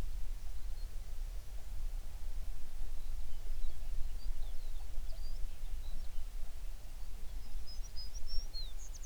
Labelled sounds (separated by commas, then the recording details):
songbird
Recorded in the Prudhoe Bay oil fields, Alaska, on 11 June 2019 at 04:30
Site 21